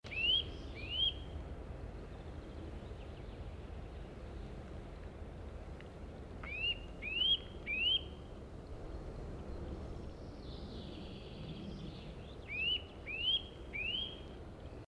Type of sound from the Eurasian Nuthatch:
call